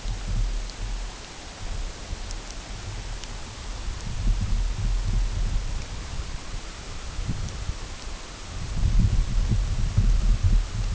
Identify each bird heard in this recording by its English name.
none